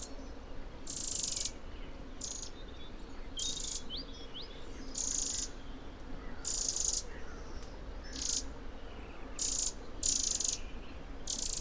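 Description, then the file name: Eurasian wren giving dry, buzzy rattling bursts, each under a second, repeated at irregular intervals over a steady low background hum. "Troglodytes troglodytes"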